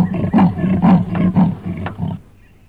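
Leopard giving several harsh, rasping grunts, fading into quiet after about two seconds.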